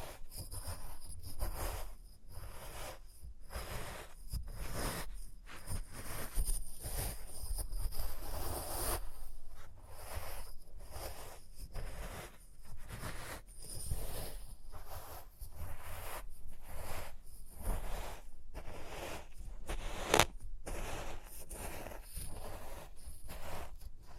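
Experimental triggers in test tubes: a steady run of short scratchy, rustling bursts, one roughly every half second to second, separated by brief silences. A low rumble sits underneath throughout, and a sharp click stands out around the twenty-second mark.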